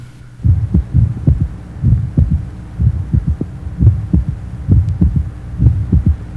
Age 18, normal third heart sound, mitral area.